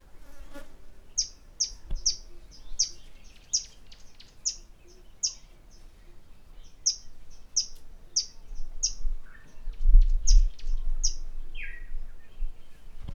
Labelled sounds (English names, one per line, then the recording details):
Malachite Kingfisher
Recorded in northern Uganda